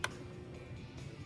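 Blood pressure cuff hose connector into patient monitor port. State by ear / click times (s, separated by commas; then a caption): seated / 0.0 s. A blood pressure cuff hose connector is pushed into its port on a LIFEPAK 15 patient monitor and snaps in with a sharp, short click at 0.0 s. After that, only a low, steady background hum continues, and the connector is seated.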